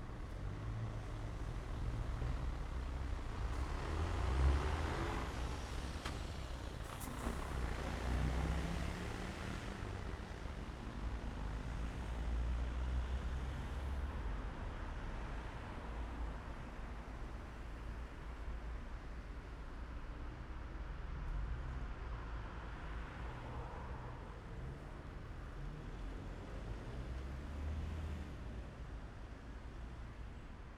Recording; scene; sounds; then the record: everyday scene through a hearing-aid microphone; in traffic; traffic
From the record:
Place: main city hub, rush hour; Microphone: behind the ear, left, rear